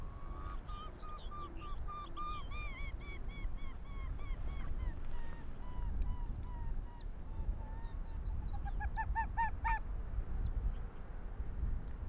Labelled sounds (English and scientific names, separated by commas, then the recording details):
Arctic Fox (Vulpes lagopus)
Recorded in the wild
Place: Insel Mednyi, Kommandeur-Inseln, RU
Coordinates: 54.5167, 168.083
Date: 1999-07-26 21:22
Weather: 12°C, heiter, mäßiger Südwestwind
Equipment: Sony WM-D6C, Sennheiser ME 80, K 30 AV, Windkorb, Kopie Tascam DA 30
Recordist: Jakupi, Antje
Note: Südosten der Insel, Haupttal, Zacke 2: Bellstrophen von Rüden violett/grün 71. Tier umrundet Hang des "falschen Mt. Blanc", läuft dann Richtung Hütten und bellt. Am Schluß Begrüßungslaute. An den Hütten ist Fähe weiss/weiss 31 zu sehen